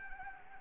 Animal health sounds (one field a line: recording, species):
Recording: mosquito wingbeat signal from an infrared sensor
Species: Anopheles arabiensis